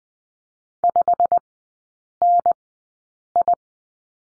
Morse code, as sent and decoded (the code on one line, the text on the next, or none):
..... -. ..
5NI